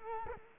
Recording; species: mosquito wingbeat signal from an infrared sensor; Culex quinquefasciatus